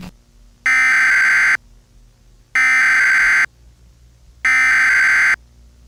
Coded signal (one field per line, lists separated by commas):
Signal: Emergency Alert System (SAME) tones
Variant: header bursts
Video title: EAS Scenario - Skies of Ash